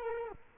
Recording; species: mosquito wingbeat signal from an infrared sensor; Culex quinquefasciatus